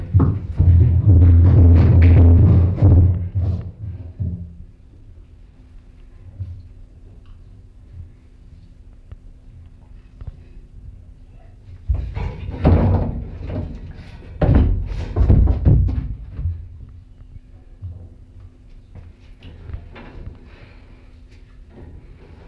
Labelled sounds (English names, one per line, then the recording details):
Chimpanzee
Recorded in captivity
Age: adult
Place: Zoo Leipzig, Sachsen, DE
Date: 1965-03-26 17:45
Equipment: Magnetophon 300, Transistorverstärker, Sennheiser MD 421
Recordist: Tembrock, Günter